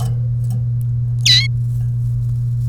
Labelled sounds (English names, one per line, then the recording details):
Domestic Canary song
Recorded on 30 April 2018 at 16:35
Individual llb3